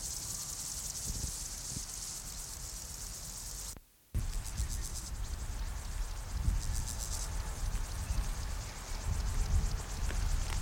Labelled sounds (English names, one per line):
Steppe Grasshopper stridulation